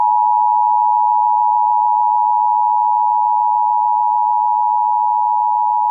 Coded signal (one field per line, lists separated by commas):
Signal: Emergency Alert System (SAME) tones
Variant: 853 and 960 Hz attention tone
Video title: EAS Mock: Snowstorms.. In a middle of Spring.. (Requested)